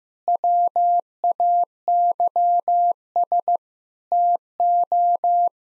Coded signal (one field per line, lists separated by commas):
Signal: Morse code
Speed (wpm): 15 wpm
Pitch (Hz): 700 Hz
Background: none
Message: WAYS TO